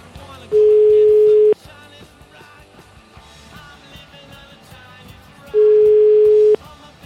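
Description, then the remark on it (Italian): A phone ringback tone sounds twice, each a steady one-second mid-pitched beep with a long pause between, going unanswered while muffled voices and clatter carry on underneath; a call to a clinic's mobile number that nobody answers. “richiamate sul cellulare, che numero della clinica, cellulare. Non risponde”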